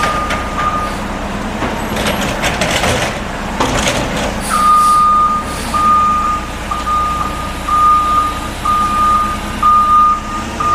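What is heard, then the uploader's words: A garbage truck idles with a steady low engine rumble, while bursts of mechanical clatter and hissing come through the first four seconds. From about 4.5 seconds a high reversing beep starts and repeats at a regular pace, roughly once a second, until the end. Garbage Trucks.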